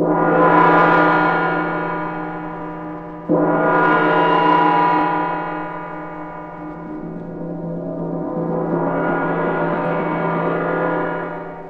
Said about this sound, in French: Et le gong.